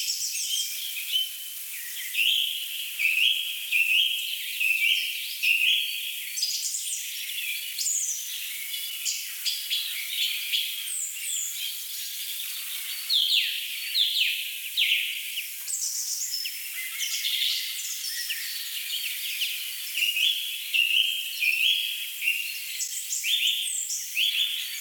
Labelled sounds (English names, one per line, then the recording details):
Black Woodpecker
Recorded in the wild
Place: Jägerhof / Breisach am Kaiserstuhl, Baden-Württemberg, DE
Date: 1985-03-10
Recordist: Schwarz, Dieter
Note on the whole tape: Call and drumming